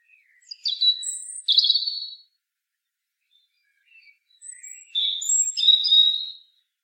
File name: Erithacus rubecula